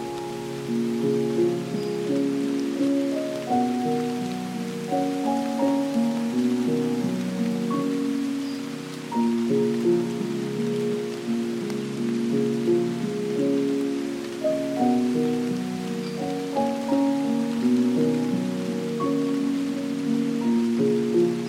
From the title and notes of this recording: Calming Piano Music with Rain Sounds. Gentle melodies of piano tunes combined with the soothing sound of rain.